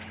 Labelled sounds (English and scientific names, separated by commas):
Blue-winged Warbler (Vermivora cyanoptera) flight call